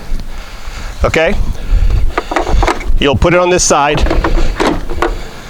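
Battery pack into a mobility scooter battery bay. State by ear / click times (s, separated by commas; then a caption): seated / 5.0 s. Someone talks while the first battery pack is set into its bay on the frame of a Pride Revo 2.0 three-wheel mobility scooter. The pack clicks home with a sharp snap at 5.0 s and is locked in place.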